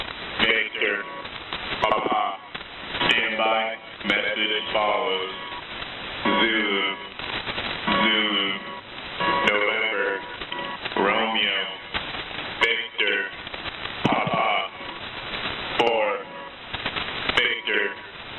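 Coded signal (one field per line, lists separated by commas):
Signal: coded military voice message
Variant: HFGCS EAM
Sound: a radio voice reading short clipped phrases in a steady cadence, with brief pauses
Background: radio static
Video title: HFGCS EAMs 09-10-2018 2303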